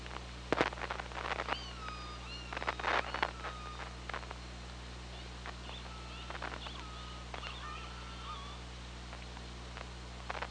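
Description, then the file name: Killer whale clicks in loud bursts, with thin upswept and wavering whistle-like calls between them, all over constant low hum and hiss. Recorded on the OrcaLab hydrophone, 24 August 2017, 15:39:22. "Orca Lab UTLN JASON 20170824 153922"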